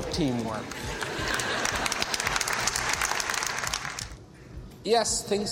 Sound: applause